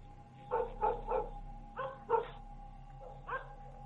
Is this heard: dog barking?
yes